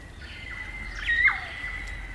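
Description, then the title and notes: Kaka song: a long sustained whistle with harsh rasping notes and a downward slur midway, over a low background hum. Kakas, a large parrot species, singing an eerie dusk chorus in late spring at Karori Sanctuary near Wellington, New Zealand. "It's late spring at the Karori Sanctuary near Wellington, New Zealand and the kakas – a large species of parrot – are singing their eerie dusk chorus. BBC Countryfile Magazine's Sound Escapes Recorded by Margaret Bartlett."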